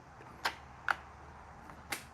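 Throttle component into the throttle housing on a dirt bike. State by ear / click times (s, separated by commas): seated / 0.9 s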